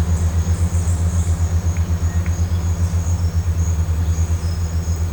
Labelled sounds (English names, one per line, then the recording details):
none
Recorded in pastures near Puerto Asís, Putumayo, Colombia, on 21 December 2024 at 12:00
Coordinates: 0.466, -76.322
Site G040